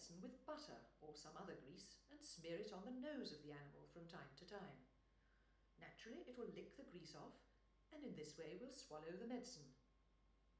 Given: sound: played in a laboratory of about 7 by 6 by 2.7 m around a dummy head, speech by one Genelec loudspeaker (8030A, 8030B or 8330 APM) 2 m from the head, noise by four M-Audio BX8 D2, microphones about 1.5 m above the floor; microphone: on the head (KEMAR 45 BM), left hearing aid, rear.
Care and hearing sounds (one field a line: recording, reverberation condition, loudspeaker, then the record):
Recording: female speech in English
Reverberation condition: medium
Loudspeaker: 90 degrees to the left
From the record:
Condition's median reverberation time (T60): about 510 ms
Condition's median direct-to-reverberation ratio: about -0.5 dB